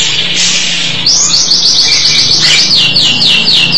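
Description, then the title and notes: Starling song: a steady burst of quick, high whistled notes repeated several times a second, over a low hum. "suara burung jalak"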